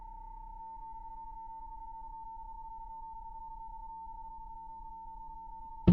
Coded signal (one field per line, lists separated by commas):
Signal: PSK31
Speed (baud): 31.25 baud